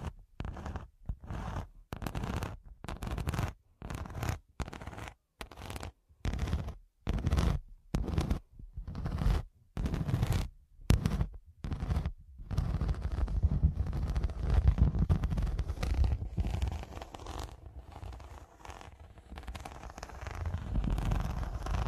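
Scratching in short, regular strokes fills the first twelve seconds, each burst rough and full from low to bright, separated by brief silences about twice a second. After that the scratching turns continuous, a dense unbroken rasp that swells and dips without pauses.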